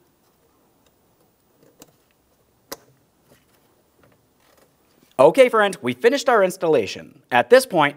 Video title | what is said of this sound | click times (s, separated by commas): How to Replace Mass Air Flow Sensor 1999-2006 Chevrolet Silverado 1500 4.3L V6 | press it in listen for a click give it a tug to make sure it's secured in place and make sure that you lock it down | 2.7 s